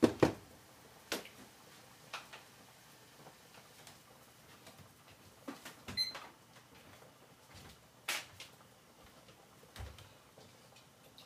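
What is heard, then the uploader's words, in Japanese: Kitchen handling around a bowl of katsuo tataki ramen: sharp, isolated knocks and clacks land irregularly every second or two, the loudest at the start and near 8 seconds. Between them sits a quiet, steady hiss, with a brief faint ring around 6 seconds. 環境音 かつおのたたきらーめん。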